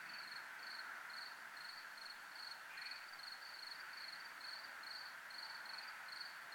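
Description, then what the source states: Cricket chirping in a steady, even series of high pulses over a constant faint hiss. Recorded in a military zone.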